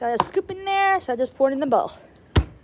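Someone talks while handling the lid of a plastic cat food storage container after pouring cat food into a bowl, with a brief sharp knock near 2.4 s. The lid, meant to latch shut so animals can't get into the food, has not seated or clicked yet.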